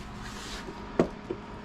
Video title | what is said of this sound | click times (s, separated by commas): Minnkota Ultrex Assembly | you hear that click in there i like it | 1.0 s